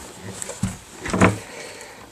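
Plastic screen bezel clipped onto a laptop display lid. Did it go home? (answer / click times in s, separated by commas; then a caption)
released / 0.4 s, 1.2 s. The plastic screen bezel on a Toshiba Satellite P75 laptop display lid is lifted upward and outward with fingertips or fingernails from the screen side. Sharp snaps are heard at about 0.4 s and 1.2 s as its retaining clips pop loose, with light handling noise in between. The bezel clips release, coming off the lid.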